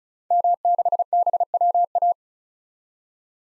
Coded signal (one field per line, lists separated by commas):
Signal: Morse code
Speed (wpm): 36 wpm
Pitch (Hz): 700 Hz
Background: none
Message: M6BWA